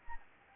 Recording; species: mosquito wingbeat signal from an infrared sensor; Anopheles arabiensis